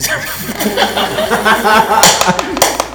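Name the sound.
applause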